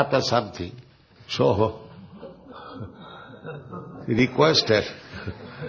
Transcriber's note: laughs